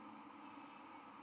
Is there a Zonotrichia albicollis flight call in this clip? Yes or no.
no